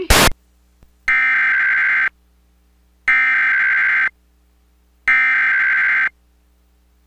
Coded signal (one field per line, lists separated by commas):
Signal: Emergency Alert System (SAME) tones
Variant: header bursts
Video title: Comcast Emergency Alert System - Tornado Warning (July 1, 2021)